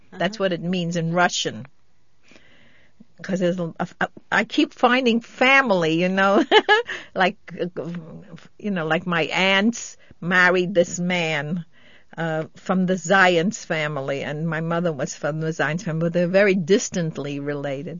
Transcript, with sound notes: That's what it means in Russian. Because there's a -- I keep finding family, you know, (laughs) like, you know, like my aunts married this man, uh, from the Zientz family, and my mother was from the Zientz family, but they're very distantly related.